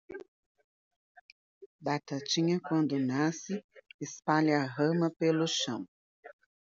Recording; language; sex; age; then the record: short text; Brazilian Portuguese; female; 50 to 59 years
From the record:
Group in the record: control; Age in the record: 51 years